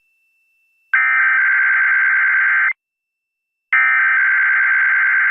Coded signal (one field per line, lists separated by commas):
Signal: Emergency Alert System (SAME) tones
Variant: header bursts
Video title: Catchup and Mustard EAS Alerts (EAS 61-70)